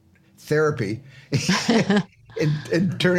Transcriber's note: laughter